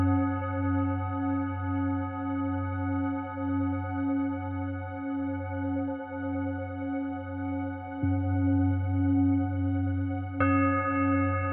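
Tibetan singing bowls hum in a steady, low drone with bright ringing overtones held above it. The tone pulses gently in a slow, regular wobble. Fresh strikes land at about eight seconds and again near ten and a half seconds, renewing the ring.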